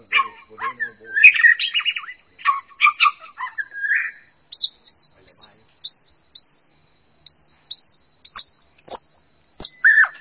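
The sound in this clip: Bird song: varied chirps and trills at first, then a series of clear, high whistled notes.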